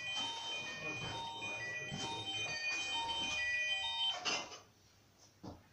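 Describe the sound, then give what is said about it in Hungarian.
A mobile phone ringtone rings as a bright, looping electronic melody of high tones for about four seconds, then cuts off, leaving quieter background noise. “Csör a telefonod.”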